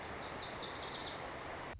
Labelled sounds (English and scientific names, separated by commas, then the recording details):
Lazuli Bunting (Passerina amoena)
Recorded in Sonoma County, California